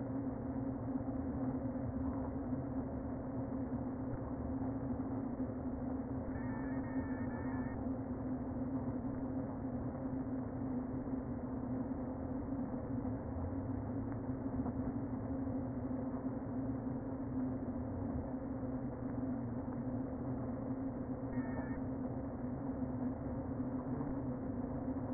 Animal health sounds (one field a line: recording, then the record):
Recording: honeybee colony, microphone inside the hive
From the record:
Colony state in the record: queen present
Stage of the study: before two queens were removed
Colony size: about 60,000 bees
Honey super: yes